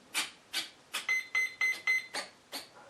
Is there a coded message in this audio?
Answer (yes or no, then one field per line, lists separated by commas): no